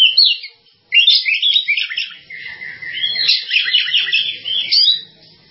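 Bird song: a continuous, rapid high warble of twittering and whistled notes after a brief opening phrase.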